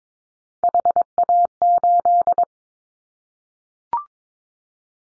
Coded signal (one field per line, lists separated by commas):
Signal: Morse code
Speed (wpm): 22 wpm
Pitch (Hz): 700 Hz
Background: none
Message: HA8